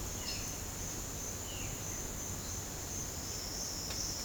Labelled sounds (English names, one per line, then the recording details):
Cinereous Tinamou
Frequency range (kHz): Cinereous Tinamou 1.4-4.0 kHz
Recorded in pastures near Puerto Asís, Putumayo, Colombia, on 30 June 2025 at 09:00
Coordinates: 0.496, -76.326
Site GP01